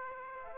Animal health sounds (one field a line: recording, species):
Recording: mosquito wingbeat signal from an infrared sensor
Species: Aedes aegypti